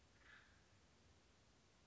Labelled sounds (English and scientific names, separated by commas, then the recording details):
Acorn Woodpecker (Melanerpes formicivorus)
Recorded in Sonoma County, California